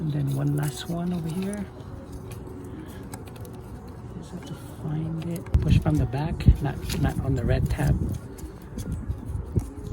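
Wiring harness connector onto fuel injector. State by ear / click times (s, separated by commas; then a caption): not seated / none. On a Fiat Abarth undergoing an E85 conversion, someone talks while finding the last fuel injector and starts pushing the wiring harness connector on from the back rather than on the red tab, with faint handling ticks over a steady background hum. Nothing has seated or clicked yet.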